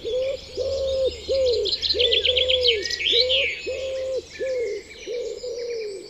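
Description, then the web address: Common wood pigeon giving low hollow cooing notes in steady succession, about three every two seconds, while other songbirds chatter and twitter busily higher up. "Bird Song Site Wood Pigeon - Pigeon Ramier"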